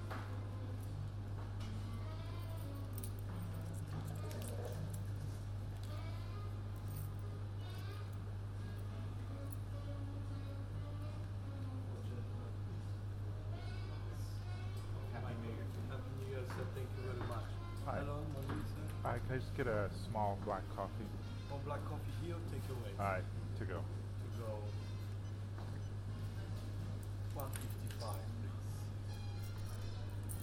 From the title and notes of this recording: A binaural recording of eating a quick breakfast at the hotel.